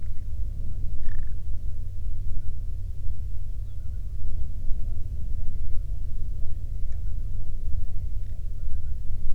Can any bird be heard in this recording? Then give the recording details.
yes. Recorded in the Prudhoe Bay oil fields, Alaska, on 13 June 2019 at 00:06. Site 24